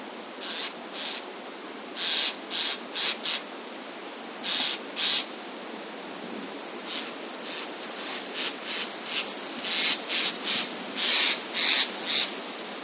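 Eurasian jay giving harsh, rasping screeches in uneven clusters of short bursts, some quick doubles, over steady background hiss.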